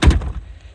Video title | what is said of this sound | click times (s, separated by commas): Weekly Update: Finished the yellow T-5R, Cleaned and tinkered on the XC90, fixed a paper shredder. | until you hear it latch. | 0.0 s